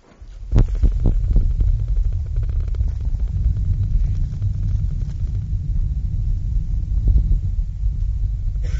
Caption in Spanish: Estas señales eléctricas se pueden convertir fácilmente en audio. Ondas beta, que son las típicas de la vigilia, del cerebro despierto.